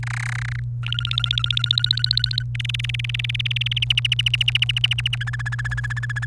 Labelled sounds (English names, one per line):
Domestic Canary song